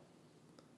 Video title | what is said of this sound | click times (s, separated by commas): SL 2000 Duct Smoke Detector - Air Products and Controls & Apollo | once they rotate the springloaded retainer the tube is locked into place | 0.6 s